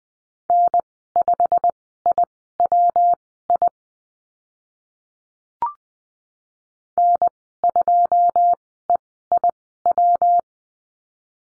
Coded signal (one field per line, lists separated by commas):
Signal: Morse code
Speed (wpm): 20 wpm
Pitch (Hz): 700 Hz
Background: none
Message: N5IWI N2EIW